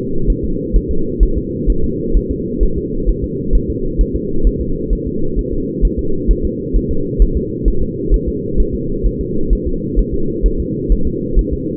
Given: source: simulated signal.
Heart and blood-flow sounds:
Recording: fetal heart sounds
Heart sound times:
0.30 s: S1
0.44 s: S2
0.76 s: S1
0.91 s: S2
1.23 s: S1
1.38 s: S2
1.70 s: S1
1.84 s: S2
2.17 s: S1
2.31 s: S2
2.63 s: S1
2.78 s: S2
3.09 s: S1
3.24 s: S2
3.55 s: S1
3.70 s: S2
4.01 s: S1
4.16 s: S2
4.47 s: S1
4.61 s: S2
4.93 s: S1
5.07 s: S2
5.39 s: S1
5.53 s: S2
5.85 s: S1
5.99 s: S2
6.31 s: S1
6.45 s: S2
6.76 s: S1
6.91 s: S2
7.22 s: S1
7.37 s: S2
7.68 s: S1
7.82 s: S2
8.14 s: S1
8.28 s: S2
8.60 s: S1
8.75 s: S2
9.06 s: S1
9.21 s: S2
9.53 s: S1
9.67 s: S2
9.99 s: S1
10.14 s: S2
10.46 s: S1
10.60 s: S2
10.92 s: S1
11.07 s: S2
11.39 s: S1
11.53 s: S2
From the record:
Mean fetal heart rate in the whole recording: 130 bpm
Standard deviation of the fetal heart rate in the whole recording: 2 bpm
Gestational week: 36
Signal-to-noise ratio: -8.1 dB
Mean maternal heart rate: 72 bpm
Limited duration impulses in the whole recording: absent

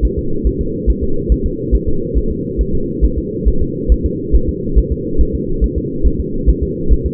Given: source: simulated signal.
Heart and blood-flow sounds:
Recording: fetal heart sounds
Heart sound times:
0.05 s: S1
0.19 s: S2
0.47 s: S1
0.61 s: S2
0.90 s: S1
1.03 s: S2
1.32 s: S1
1.46 s: S2
1.75 s: S1
1.88 s: S2
2.18 s: S1
2.31 s: S2
2.61 s: S1
2.75 s: S2
3.05 s: S1
3.18 s: S2
3.48 s: S1
3.62 s: S2
3.92 s: S1
4.06 s: S2
4.35 s: S1
4.49 s: S2
4.78 s: S1
4.92 s: S2
5.21 s: S1
5.35 s: S2
5.64 s: S1
5.78 s: S2
6.06 s: S1
6.20 s: S2
6.49 s: S1
6.63 s: S2
6.92 s: S1
7.06 s: S2
From the record:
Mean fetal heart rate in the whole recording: 140 bpm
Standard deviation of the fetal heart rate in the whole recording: 2 bpm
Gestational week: 34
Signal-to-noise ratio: -8.1 dB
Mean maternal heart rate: 72 bpm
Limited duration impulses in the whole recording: absent

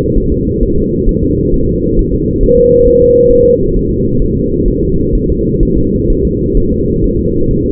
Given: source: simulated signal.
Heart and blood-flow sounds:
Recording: fetal heart sounds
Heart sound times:
0.17 s: S1
0.32 s: S2
0.63 s: S1
0.78 s: S2
1.09 s: S1
1.23 s: S2
1.54 s: S1
1.69 s: S2
1.99 s: S1
2.14 s: S2
2.43 s: S1
2.58 s: S2
2.88 s: S1
3.02 s: S2
3.32 s: S1
3.46 s: S2
3.76 s: S1
3.91 s: S2
4.22 s: S1
4.37 s: S2
4.68 s: S1
4.83 s: S2
5.15 s: S1
5.30 s: S2
5.63 s: S1
5.77 s: S2
6.10 s: S1
6.25 s: S2
6.57 s: S1
6.72 s: S2
7.04 s: S1
7.19 s: S2
7.51 s: S1
7.66 s: S2
From the record:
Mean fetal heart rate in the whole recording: 130 bpm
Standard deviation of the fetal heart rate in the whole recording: 4 bpm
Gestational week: 38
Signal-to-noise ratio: -15.3 dB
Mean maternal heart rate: 72 bpm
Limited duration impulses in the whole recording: present

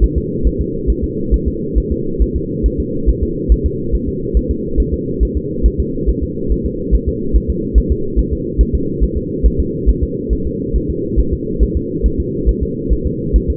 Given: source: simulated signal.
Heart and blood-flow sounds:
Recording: fetal heart sounds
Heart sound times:
0.04 s: S1
0.18 s: S2
0.47 s: S1
0.61 s: S2
0.90 s: S1
1.04 s: S2
1.34 s: S1
1.48 s: S2
1.78 s: S1
1.92 s: S2
2.22 s: S1
2.36 s: S2
2.66 s: S1
2.80 s: S2
3.09 s: S1
3.23 s: S2
3.52 s: S1
3.66 s: S2
3.95 s: S1
4.08 s: S2
4.37 s: S1
4.51 s: S2
4.80 s: S1
4.94 s: S2
5.23 s: S1
5.37 s: S2
5.66 s: S1
5.80 s: S2
6.09 s: S1
6.23 s: S2
6.52 s: S1
6.66 s: S2
6.94 s: S1
7.08 s: S2
7.36 s: S1
7.50 s: S2
7.78 s: S1
7.92 s: S2
8.19 s: S1
8.33 s: S2
8.61 s: S1
8.75 s: S2
9.03 s: S1
9.17 s: S2
9.46 s: S1
9.60 s: S2
9.89 s: S1
10.03 s: S2
10.33 s: S1
10.47 s: S2
10.76 s: S1
10.90 s: S2
11.19 s: S1
11.33 s: S2
11.63 s: S1
11.77 s: S2
12.06 s: S1
12.20 s: S2
12.49 s: S1
12.63 s: S2
12.93 s: S1
13.06 s: S2
13.36 s: S1
13.50 s: S2
From the record:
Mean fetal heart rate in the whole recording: 140 bpm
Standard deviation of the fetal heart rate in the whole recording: 2 bpm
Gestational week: 34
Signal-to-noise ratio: -6.6 dB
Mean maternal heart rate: 72 bpm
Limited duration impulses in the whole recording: present

